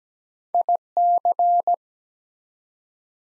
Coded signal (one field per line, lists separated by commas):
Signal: Morse code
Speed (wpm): 17 wpm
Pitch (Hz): 700 Hz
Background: none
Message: IC